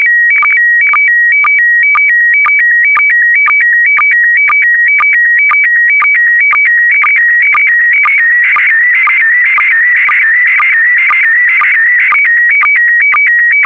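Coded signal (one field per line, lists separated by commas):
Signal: SSTV (slow-scan television)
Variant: PD120 mode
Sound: warbling electronic tones switching between two pitches, with a short low chirp about twice a second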